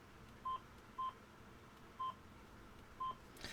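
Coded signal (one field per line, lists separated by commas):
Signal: none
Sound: radio button beeps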